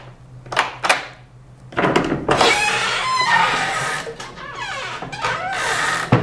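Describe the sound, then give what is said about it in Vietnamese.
A door being opened at night in Goliad, Texas: a couple of quick latch clicks, then several seconds of loud, grinding creaks and squeaky scraping with wavering tones as it swings. “Mở cửa bạn thấy không?”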